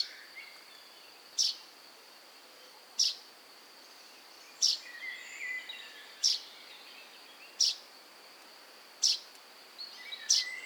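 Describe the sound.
Common chaffinch repeating a sharp, clipped call roughly every one and a half seconds, seven calls in all, while other birds twitter quietly behind a steady insect hum.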